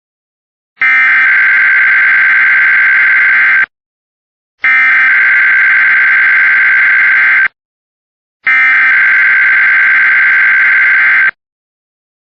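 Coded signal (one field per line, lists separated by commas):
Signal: Emergency Alert System (SAME) tones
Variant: header bursts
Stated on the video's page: Real required weekly EAS tests.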